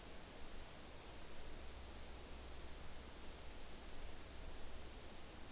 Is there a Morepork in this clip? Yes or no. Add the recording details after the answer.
no. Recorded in New Zealand on 9 October 2013. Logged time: 17:00. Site Ponui